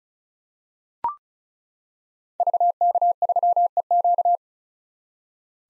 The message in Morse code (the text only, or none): VK3EQ